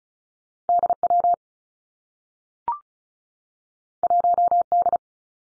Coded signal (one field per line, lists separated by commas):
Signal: Morse code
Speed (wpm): 36 wpm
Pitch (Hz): 700 Hz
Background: none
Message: D W 1 D